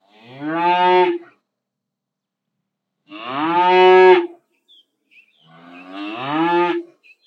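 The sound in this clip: Cow mooing three times, each low harmonic moo lasting a little over a second, a few seconds apart.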